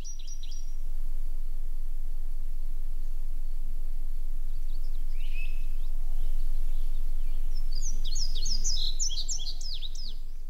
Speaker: We actually have the sound of the indigo bunting here. Let's take a listen.